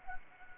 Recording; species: mosquito wingbeat signal from an infrared sensor; Anopheles gambiae